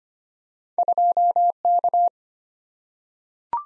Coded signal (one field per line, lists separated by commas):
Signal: Morse code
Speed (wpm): 25 wpm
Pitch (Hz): 700 Hz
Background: none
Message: 2K